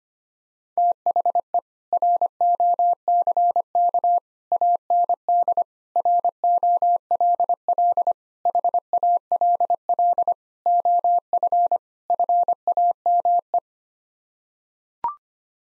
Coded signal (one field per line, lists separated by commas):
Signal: Morse code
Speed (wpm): 25 wpm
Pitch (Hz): 700 Hz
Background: none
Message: THE ROCK AND ROLL HALL OF FAME